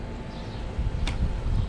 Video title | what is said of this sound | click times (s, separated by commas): Ryobi Pressure Washer and Surface Cleaner review | push this down, slides right in till it clicks. | 1.1 s